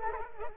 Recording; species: mosquito wingbeat signal from an infrared sensor; Culex quinquefasciatus